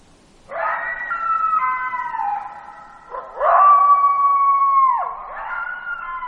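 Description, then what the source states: Coyote howls: two long wavering notes with rich harmonics, the second holding steady before dropping sharply, then a third begins. Alaska, 12 July 2017, 23:39.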